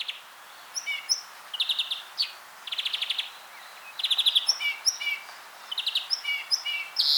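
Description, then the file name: European greenfinch calls, rapid buzzy trills alternating with short rising twitters and a harsh wheeze at the end, repeated in bursts over faint background hiss. "Chloris chloris"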